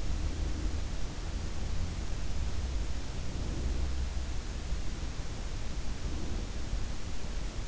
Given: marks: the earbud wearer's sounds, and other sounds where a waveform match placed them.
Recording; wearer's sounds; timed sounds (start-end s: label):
sounds in sleep by an in-ear microphone; breath
0.00-1.25 s: breath
3.07-4.22 s: breath
5.81-6.77 s: breath